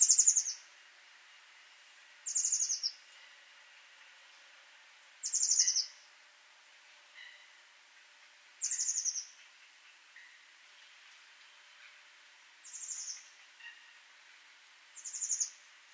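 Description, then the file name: Eurasian blue tit repeating high, buzzy scolding bursts every few seconds, interspersed with quiet thin notes. "Cyanistes caeruleus"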